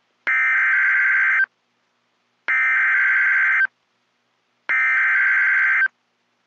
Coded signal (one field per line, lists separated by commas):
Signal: Emergency Alert System (SAME) tones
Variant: header bursts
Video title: EAS# 98 SVR